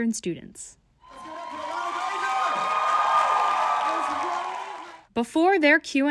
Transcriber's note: natural sound: applause, cheers